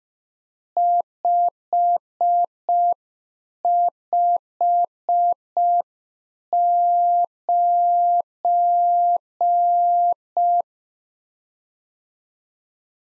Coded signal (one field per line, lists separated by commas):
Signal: Morse code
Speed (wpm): 5 wpm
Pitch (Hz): 700 Hz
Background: none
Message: 559